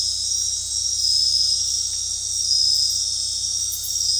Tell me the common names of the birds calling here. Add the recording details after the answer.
none. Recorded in dense forest near Puerto Asís, Putumayo, Colombia, on 19 February 2024 at 23:30. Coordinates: 0.485, -76.322. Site G6406